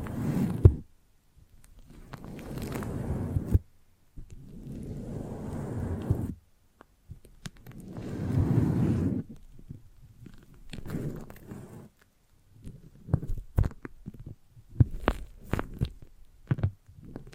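Foamy, sticky brain-massage sounds come in separate bursts of low, squelchy rubbing, each lasting one to three seconds with short silences between. Toward the end the sound breaks into quick sharp clicks and taps, irregular and snapping, over a fainter rustle.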